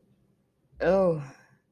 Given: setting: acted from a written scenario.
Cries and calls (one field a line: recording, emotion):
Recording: vocal sound without words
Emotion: guilt